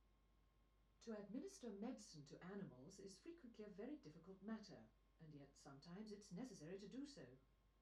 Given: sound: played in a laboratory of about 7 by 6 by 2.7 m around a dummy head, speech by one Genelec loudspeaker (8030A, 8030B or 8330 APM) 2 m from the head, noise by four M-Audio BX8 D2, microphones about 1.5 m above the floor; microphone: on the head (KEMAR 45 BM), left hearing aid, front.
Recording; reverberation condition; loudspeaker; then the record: female speech in English; low; 120 degrees to the right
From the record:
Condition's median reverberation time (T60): about 310 ms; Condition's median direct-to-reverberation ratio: about 3.5 dB